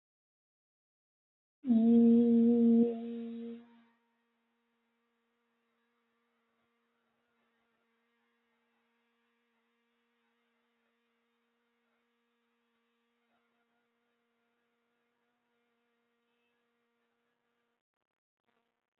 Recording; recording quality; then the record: sustained vowel as in beet; excellent, no background noise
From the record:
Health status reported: healthy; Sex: female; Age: 21 years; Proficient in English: yes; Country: India